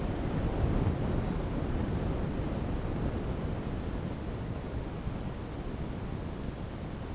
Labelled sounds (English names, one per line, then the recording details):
none
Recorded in dense forest near Puerto Asís, Putumayo, Colombia, on 19 February 2024 at 16:00
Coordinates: 0.486, -76.316
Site G6437